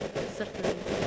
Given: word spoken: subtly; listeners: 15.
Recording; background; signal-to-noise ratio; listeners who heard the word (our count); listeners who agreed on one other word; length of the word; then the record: one English word in noise, from a listening test; noise modulated by three-talker babble; -5.3 dB; 1 of 15; 10 of 15; 0.67 s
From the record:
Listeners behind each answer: 10, 1, 1, 1, 1, 1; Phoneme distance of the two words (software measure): 44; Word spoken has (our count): 2 syllables, 5 phonemes, stress on syllable 1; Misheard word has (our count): 3 syllables, 7 phonemes, stress on syllable 1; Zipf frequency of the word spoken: 2.97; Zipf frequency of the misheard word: 4.46